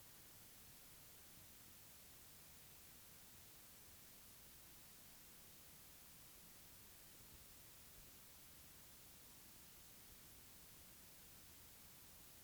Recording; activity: daily activity, guitar pickup as the sensor; lie down